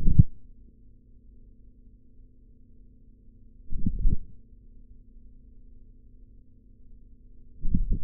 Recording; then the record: forearm muscle sounds (acoustic myography)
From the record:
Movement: forearm supination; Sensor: system 3, bracelet of six PUI Audio POM-2738L microphones around the upper forearm, with dedicated amplification and filtering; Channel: 3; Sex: male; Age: 26 years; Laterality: right